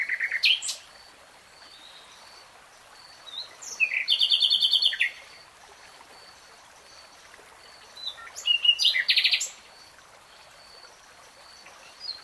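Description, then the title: Nightingale song: brief chirps, then two separate phrases of rapid buzzy repeated notes with quiet gaps between them. Nightingale singing in real time. "[Tiếng chim hót] 3 Hours REALTIME Nightingale Singing"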